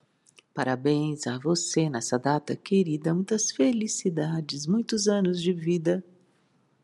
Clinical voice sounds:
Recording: short text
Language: Brazilian Portuguese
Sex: female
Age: 50 to 59 years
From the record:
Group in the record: control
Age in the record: 57 years

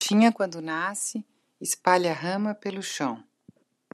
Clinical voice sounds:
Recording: short text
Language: Brazilian Portuguese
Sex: female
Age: 50 to 59 years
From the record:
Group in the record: control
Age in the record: 53 years

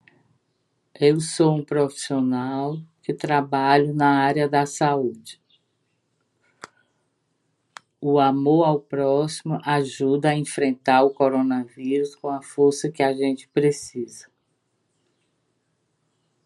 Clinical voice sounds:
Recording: spoken sentence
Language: Brazilian Portuguese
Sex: female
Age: 60 to 69 years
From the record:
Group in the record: control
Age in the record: 64 years

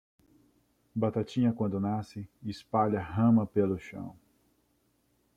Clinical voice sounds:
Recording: short text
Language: Brazilian Portuguese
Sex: male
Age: 30 to 39 years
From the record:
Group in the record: control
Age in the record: 35 years

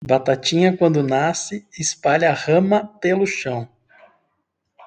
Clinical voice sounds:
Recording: short text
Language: Brazilian Portuguese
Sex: male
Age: 30 to 39 years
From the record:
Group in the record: control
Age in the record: 36 years

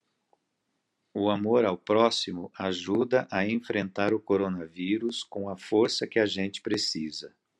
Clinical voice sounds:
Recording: spoken sentence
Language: Brazilian Portuguese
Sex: male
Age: 50 to 59 years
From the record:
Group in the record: control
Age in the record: 55 years

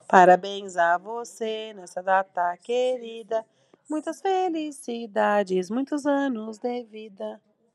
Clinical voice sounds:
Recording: short text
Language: Brazilian Portuguese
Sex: female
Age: 30 to 39 years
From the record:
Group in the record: control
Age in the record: 39 years

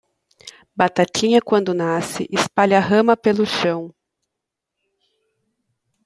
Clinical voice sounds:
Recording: short text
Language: Brazilian Portuguese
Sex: female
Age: 30 to 39 years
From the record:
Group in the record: control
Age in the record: 33 years

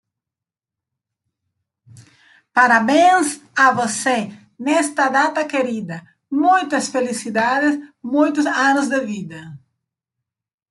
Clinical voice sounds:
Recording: short text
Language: Brazilian Portuguese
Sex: female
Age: 50 to 59 years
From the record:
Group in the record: control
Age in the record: 52 years

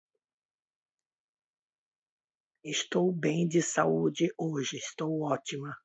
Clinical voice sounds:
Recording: spoken sentence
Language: Brazilian Portuguese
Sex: female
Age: 70 to 79 years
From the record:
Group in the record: control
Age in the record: 72 years

